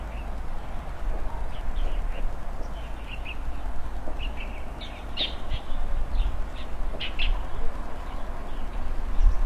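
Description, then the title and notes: Birds chirping, short high notes scattered throughout over a steady low rumble. Birds frolicking on tree branches in front of a rural country house, early morning, heard from an opened window; scene described as harmonious and quiet. "乡间屋前鸟儿欢快嬉闹中. 清晨起床，推开窗户，只见鸟儿嬉闹于枝头"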